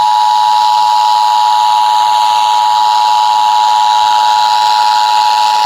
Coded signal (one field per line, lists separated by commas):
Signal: Emergency Alert System (SAME) tones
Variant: 853 and 960 Hz attention tone